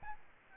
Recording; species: mosquito wingbeat signal from an infrared sensor; Aedes albopictus